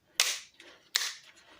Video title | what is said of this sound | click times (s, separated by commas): How to restore rusty tools with a wire brush. | it got if you can hear it clicking | 0.2 s, 1.0 s